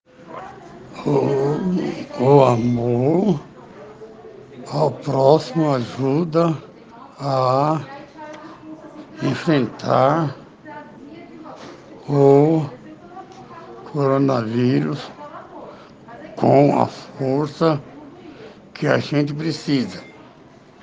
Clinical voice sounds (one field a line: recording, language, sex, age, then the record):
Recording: spoken sentence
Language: Brazilian Portuguese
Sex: male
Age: 60 to 69 years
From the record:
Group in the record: respiratory insufficiency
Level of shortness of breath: 5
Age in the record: 63 years